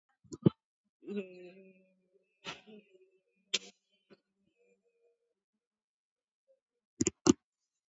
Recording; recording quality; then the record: sustained vowel as in made; moderate, slight background noise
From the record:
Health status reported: COVID-19 positive, mild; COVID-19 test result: positive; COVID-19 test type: RT-PCR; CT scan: taken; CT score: 4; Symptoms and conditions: muscle pain, diabetes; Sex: female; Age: 59 years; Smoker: no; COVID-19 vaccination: both doses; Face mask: worn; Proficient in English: yes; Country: India